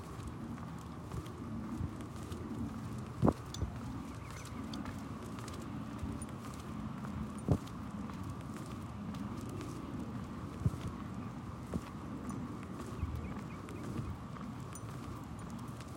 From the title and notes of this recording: We walk through the adjacent streets of Central Phoenix by our home, taking in the sights and sounds of the neighborhood as we make our way to a perfect spot to watch the sunrise by the canal. June | Summer.